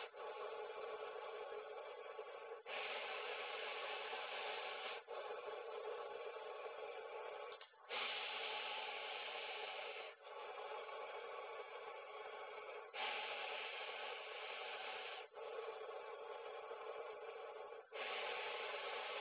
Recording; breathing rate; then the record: paced breathing near a phone; 12 breaths a minute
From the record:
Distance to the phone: 20 cm